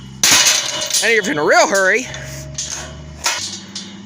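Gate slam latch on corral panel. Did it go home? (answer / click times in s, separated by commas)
yes / 0.2 s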